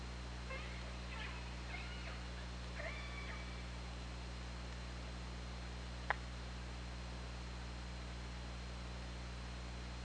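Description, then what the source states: Killer whale pulsed calls, several short, buzzy, harmonic bursts in the first three seconds, then a single sharp click amid steady underwater hiss and hum. Recorded on an OrcaLab hydrophone, 24 August 2017, around 21:40.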